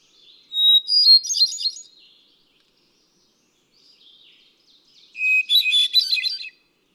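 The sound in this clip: Hermit thrush singing two phrases, each a sustained clear whistle spilling into a bright, rapid tangle of flute-like notes, separated by near silence.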